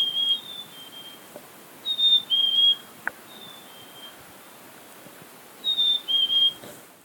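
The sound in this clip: Black-capped chickadee giving pure whistled two-note phrases, high then slightly lower, three loud renditions with softer phrases between them in a quiet background.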